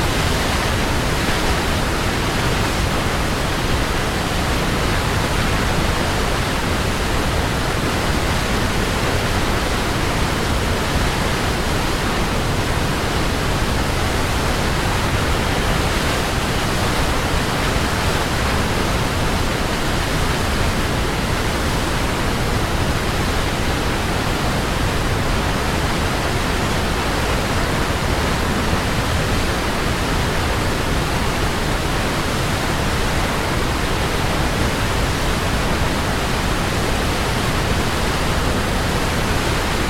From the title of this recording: Waterfall, Splashing and Spilling - Plitvice, Croatia